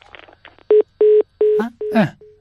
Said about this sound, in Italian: Chi non risponde agli squilli della Zanzara